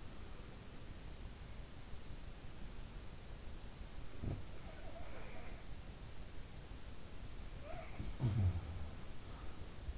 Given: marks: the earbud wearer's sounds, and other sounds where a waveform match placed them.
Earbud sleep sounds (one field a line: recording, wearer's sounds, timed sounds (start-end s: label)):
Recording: sounds in sleep by an in-ear microphone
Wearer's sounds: breath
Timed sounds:
0.00-0.93 s: breath
4.10-5.51 s: sound from someone else or the room
7.49-9.69 s: sound from someone else or the room